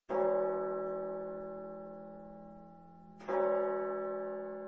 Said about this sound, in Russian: Вдруг он ясно услышал, что бьют часы.